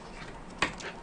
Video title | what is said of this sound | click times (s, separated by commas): Gaming PC build 2019 part 3: Installing NVMe and Sata SSDs + power supply and case connections | did you hear the click and then | 0.6 s